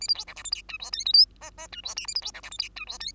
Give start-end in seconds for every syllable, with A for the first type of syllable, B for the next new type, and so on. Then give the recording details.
0.00-0.07 A, 0.08-0.14 B, 0.14-0.24 C, 0.27-0.34 D, 0.36-0.43 E, 0.44-0.51 F, 0.51-0.62 G, 0.68-0.77 H, 0.79-0.90 I, 0.92-1.05 J, 1.05-1.13 K, 1.13-1.25 L, 1.41-1.50 M, 1.57-1.68 M, 1.72-1.81 H, 1.83-1.95 I, 1.96-2.06 N, 2.07-2.14 A, 2.15-2.21 B, 2.22-2.32 C, 2.34-2.42 D, 2.42-2.50 E, 2.51-2.58 F, 2.58-2.69 G, 2.76-2.85 H, 2.87-2.98 I, 3.00-3.12 J. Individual Bird2